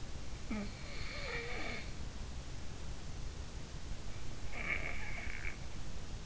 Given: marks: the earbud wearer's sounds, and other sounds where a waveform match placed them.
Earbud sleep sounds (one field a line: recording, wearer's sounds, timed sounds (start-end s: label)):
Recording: sounds in sleep by an in-ear microphone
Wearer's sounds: snoring breath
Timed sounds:
0.25-1.99 s: snoring breath
4.31-6.05 s: snoring breath